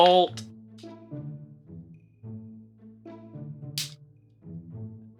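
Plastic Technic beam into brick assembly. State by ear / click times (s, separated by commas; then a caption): seated / 3.8 s. Music plays while someone talks as a plastic Lego Technic beam is worked into a brick assembly during a difficult step. A sharp click at 3.8 s marks the beam seating in place.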